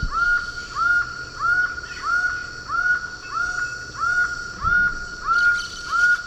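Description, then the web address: Laughing falcon giving loud, evenly spaced nasal notes, about one and a half per second, steady throughout. Recorded in Ecuador. "S America Birds of Ecuador. Laughing Falcon"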